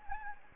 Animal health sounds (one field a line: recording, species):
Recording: mosquito wingbeat signal from an infrared sensor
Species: Anopheles gambiae